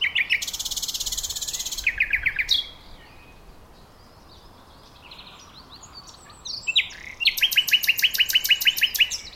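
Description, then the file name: Common nightingale song: a rapid run of repeated chipping notes, a dense buzzing trill, then a silent pause before a fast series of loud, evenly repeated notes. "Luscinia megarhynchos"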